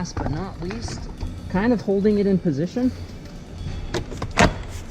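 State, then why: Seated. A replacement illuminated carbon fiber door sill insert with brushed stainless Corvette-style trim is held in position on the door sill of a 2020-21 C8 Corvette while someone talks. It is pushed slightly forward, and after a couple of softer knocks it snaps into place with a sharp click at 4.4 s, seated.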